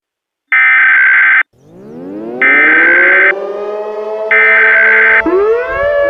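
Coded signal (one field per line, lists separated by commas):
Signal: Emergency Alert System (SAME) tones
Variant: header bursts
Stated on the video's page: Fictional Emergency Alert System scenario, not a real alert.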